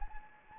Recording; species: mosquito wingbeat signal from an infrared sensor; Anopheles gambiae